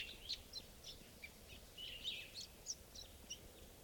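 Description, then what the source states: Crossbill giving short, sharp, high chip notes at irregular intervals, several per second at times, over a steady background hiss. Calling a lot from the treetops at 7:54.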